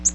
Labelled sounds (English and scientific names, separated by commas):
Nashville Warbler (Leiothlypis ruficapilla) flight call